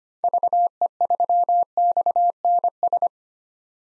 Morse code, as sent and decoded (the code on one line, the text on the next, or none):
...- . ...-- -..- -. ...
VE3XNS